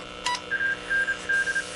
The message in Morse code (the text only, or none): AND